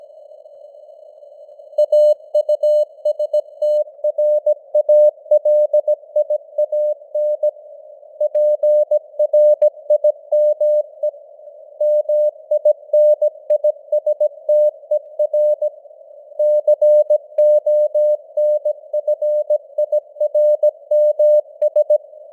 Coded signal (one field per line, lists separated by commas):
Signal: Morse code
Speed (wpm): 17 wpm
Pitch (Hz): 600 Hz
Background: none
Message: AUSTRALIAN PRIME MINISTER CONFIRMS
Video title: Morse Code News | 2025-11-02 | 17wpm